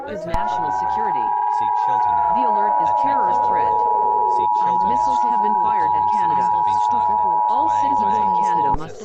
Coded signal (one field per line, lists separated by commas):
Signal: Emergency Alert System (SAME) tones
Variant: 853 and 960 Hz attention tone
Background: speech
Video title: EAS Scenario #3: A Prologue to Disaster.